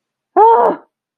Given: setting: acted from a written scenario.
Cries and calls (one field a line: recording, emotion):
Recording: vocal sound without words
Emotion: fear